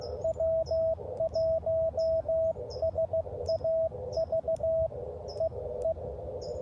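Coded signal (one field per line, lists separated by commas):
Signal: Morse code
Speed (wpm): 16 wpm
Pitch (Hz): 650 Hz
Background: radio noise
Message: W1SAV EE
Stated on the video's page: Park activation.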